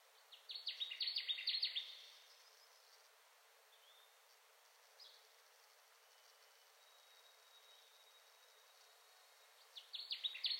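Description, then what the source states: Connecticut warbler singing: an emphatic, rapid series of repeated notes for about a second and a half, then silence until the next phrase begins. Ten songs, recorded 2021-06-10.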